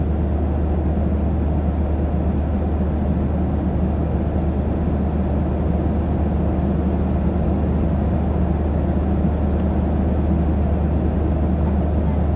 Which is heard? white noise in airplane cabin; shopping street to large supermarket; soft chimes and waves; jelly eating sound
white noise in airplane cabin